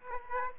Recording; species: mosquito wingbeat signal from an infrared sensor; Aedes aegypti